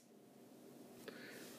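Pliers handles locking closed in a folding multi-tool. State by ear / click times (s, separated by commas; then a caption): seated / 1.1 s. The pliers handles of a Gerber Gear Suspension folding metal multi-tool are closed and lock into place. A single sharp click sounds at 1.0 s over a low steady background, and the pliers are locked closed.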